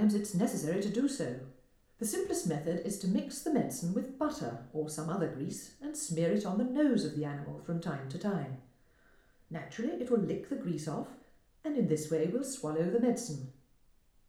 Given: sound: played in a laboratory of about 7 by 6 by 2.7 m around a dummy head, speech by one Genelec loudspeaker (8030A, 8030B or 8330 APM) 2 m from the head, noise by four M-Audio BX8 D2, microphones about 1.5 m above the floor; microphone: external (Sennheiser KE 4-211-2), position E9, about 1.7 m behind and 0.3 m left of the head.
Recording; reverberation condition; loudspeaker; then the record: female speech in English; medium; 150 degrees to the right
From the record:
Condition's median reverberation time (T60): about 510 ms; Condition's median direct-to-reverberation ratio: about -0.5 dB